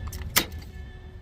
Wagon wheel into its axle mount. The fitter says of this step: and you go until it clicks